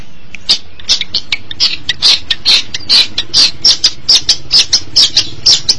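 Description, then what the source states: Long-tailed shrike song of harsh scratchy squawking notes repeated a little over twice a second at an even pace. March 2017.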